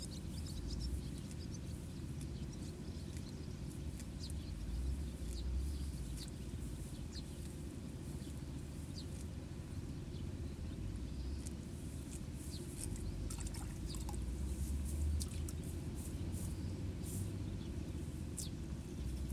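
A rice paddy with a constant low rumble of water underneath, while sparrows chirp busily in short bright bursts throughout.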